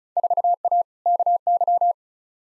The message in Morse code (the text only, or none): 4A KY